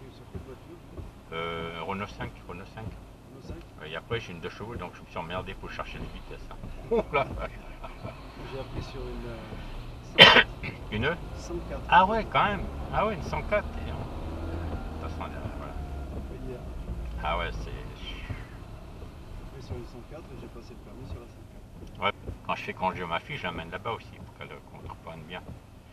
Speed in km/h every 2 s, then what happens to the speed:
0, 1, 1, 4, 9, 20, 22, 18, 12, 6, 0, 0, 0.
0-4 standing. 4-11 pulls away to 22. 13-19 brakes to 0. 19-26 standing.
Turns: none.